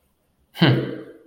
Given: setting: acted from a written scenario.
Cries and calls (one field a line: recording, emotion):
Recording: vocal sound without words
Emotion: neutral